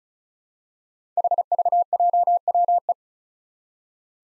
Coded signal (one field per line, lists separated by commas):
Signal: Morse code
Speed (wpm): 36 wpm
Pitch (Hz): 700 Hz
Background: none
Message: HVJWE